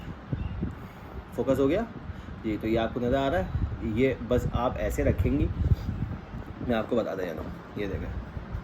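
A man talks while holding an iPencil 2 stylus up to the magnetic charging edge of a tablet, with faint background rustle. The stylus has not snapped onto the connector yet, and nothing has seated or clicked by the end of the clip.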